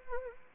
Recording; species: mosquito wingbeat signal from an infrared sensor; Anopheles arabiensis